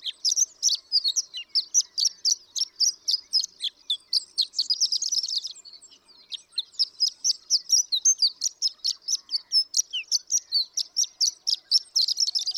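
Horned lark delivering a lengthy tinkling song of quick high notes, easing off around six seconds, then picking up again with steady twittering.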